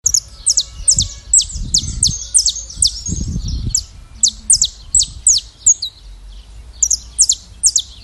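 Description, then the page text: Saffron finch calls: sharp descending chirps repeated in uneven runs of a few notes, with low rumbling bursts early on. "CANÁRIO TERRA (Sicalis Flaveola)"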